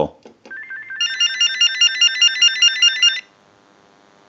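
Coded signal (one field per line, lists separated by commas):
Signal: none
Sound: phone ringer buzzer beeps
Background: speech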